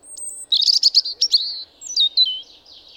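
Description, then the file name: European robin opening with a thin high whistle, then a fast run of sparkling trilled notes that tumble downward in pitch before fading. "Erithacus rubecula"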